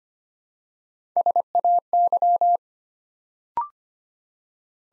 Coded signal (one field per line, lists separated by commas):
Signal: Morse code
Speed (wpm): 25 wpm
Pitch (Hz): 700 Hz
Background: none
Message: SAY